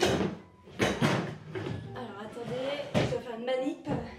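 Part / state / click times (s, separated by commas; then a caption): furniture joint piece into a wardrobe panel hole / not seated / none. While assembling a wardrobe unit, a furniture joint piece is being fitted into its hole in a wardrobe panel as someone talks throughout. Short knocks and handling sounds are heard near 0.8 s and 1.6 s. The clip ends before the part goes home, and nothing has seated yet.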